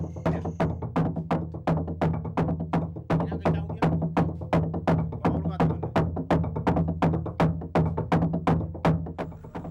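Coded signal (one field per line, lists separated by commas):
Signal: drum signal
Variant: garamut slit drums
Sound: rapid, even hollow wooden drum beats, about three per second, deep resonant thuds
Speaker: in the village of timum on the southern shore of Lake chambri the gamut TomTom sound out announcing the initiation ceremony of the crocodile men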